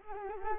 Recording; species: mosquito wingbeat signal from an infrared sensor; Culex quinquefasciatus